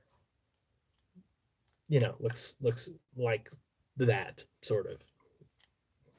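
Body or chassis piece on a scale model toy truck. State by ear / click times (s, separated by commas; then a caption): partly seated / 5.6 s. Someone talks while fitting a body or chassis piece onto a scale model toy truck, a Steiger KP 1400, lifted by a piece of styrene tube with one side ground flat and glued underneath. A small click is heard at 5.6 s, but the part is only partly in place and not fully seated. It is left unfinished because bigger tires are still wanted.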